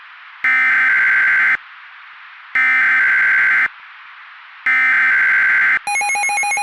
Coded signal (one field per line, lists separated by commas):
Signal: Emergency Alert System (SAME) tones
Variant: header bursts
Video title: The Final Hours [Majora's Mask EAS Scenario]